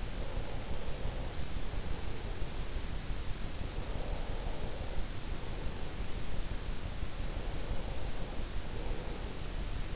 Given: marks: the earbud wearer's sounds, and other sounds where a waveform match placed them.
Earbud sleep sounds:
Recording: sounds in sleep by an in-ear microphone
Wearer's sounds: breath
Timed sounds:
0.00-2.97 s: breath
3.61-6.20 s: breath
7.23-9.69 s: breath

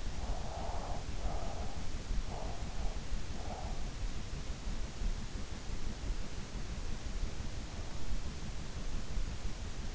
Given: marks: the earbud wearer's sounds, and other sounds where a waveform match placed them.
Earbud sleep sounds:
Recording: sounds in sleep by an in-ear microphone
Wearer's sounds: breath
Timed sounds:
0.00-1.84 s: breath
2.17-3.85 s: breath

